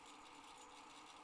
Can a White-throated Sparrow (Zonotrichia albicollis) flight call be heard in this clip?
no